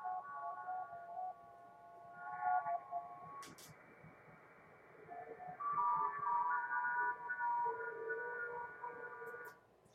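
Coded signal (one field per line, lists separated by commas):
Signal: FT8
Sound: several overlapping soft pure tones, each slowly stepping in pitch, over band-limited hiss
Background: radio static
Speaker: I've got the sound muted you want to hear hear it again here it is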